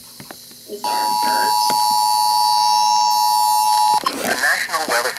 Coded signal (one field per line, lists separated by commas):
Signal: Emergency Alert System (SAME) tones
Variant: 853 and 960 Hz attention tone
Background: speech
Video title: DAVIDSON IS SUS... EAS Alerts from 10/25/21 (EAS #6,407 - 6,422)